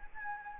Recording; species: mosquito wingbeat signal from an infrared sensor; Anopheles gambiae